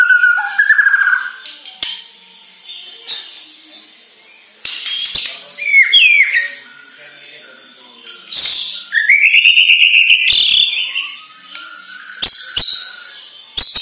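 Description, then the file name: White-rumped shama song: loud varied whistles and rising sweeps broken by harsh bursts and sharp clicks, with quieter gaps between phrases. Borneo; lure recording used to make birds sing actively ('gacor'). "Sara Pancingan Murai Batu Borneo Agar Gacor Dor"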